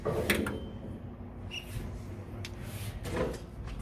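A new 8.5 mm MSD Super Conductor spark plug wire is pushed onto its terminal on a 1959 Cadillac V8 ignition, either at the distributor cap or at the plug. The metal terminal inside the rubber boot snaps home with a sharp click at 0.3 s, followed by a quieter tick at about 0.5 s and another at about 2.4 s over low handling noise. The wire is seated.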